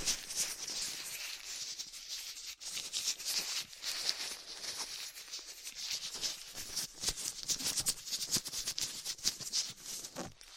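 Ear cleaning with latex gloves, a dental pick and cotton swabs: dense, crackly scratching and rubbing, with sharp clicks and taps.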